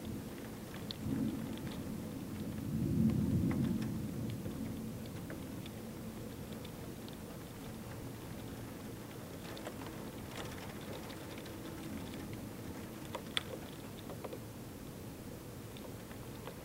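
Light rain taps and drizzles against a window in a steady, dense hiss. A low rumble swells early on, peaking around three seconds before easing into a constant murmur. Scattered sharp taps stand out now and then, with a brighter click near thirteen seconds.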